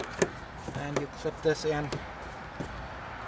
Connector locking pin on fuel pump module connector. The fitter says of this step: pin in place till the clicks then